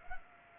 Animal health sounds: mosquito wingbeat signal from an infrared sensor; Culex pipiens

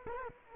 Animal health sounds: mosquito wingbeat signal from an infrared sensor; Culex quinquefasciatus

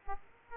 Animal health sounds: mosquito wingbeat signal from an infrared sensor; Aedes aegypti

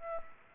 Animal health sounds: mosquito wingbeat signal from an infrared sensor; Aedes aegypti

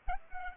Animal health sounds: mosquito wingbeat signal from an infrared sensor; Culex pipiens

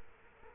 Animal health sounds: mosquito wingbeat signal from an infrared sensor; Culex quinquefasciatus

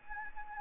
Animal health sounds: mosquito wingbeat signal from an infrared sensor; Anopheles arabiensis

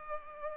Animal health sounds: mosquito wingbeat signal from an infrared sensor; Culex pipiens

